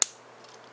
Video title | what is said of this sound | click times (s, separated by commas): felzbug Reviews Orion Pax vs Megatronus TG25 Takara | you get that nice little clicky lock | 0.0 s